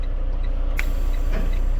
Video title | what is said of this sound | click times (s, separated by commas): Trucking Vlogs / My First YouTube Video | you hear the click of the locking jaws unlocking from the kingpin | 0.8 s